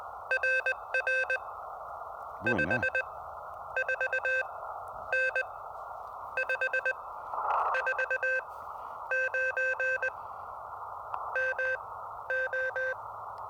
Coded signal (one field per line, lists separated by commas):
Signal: Morse code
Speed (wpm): 20 wpm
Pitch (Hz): 1550 Hz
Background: none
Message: RR 54N 549 MO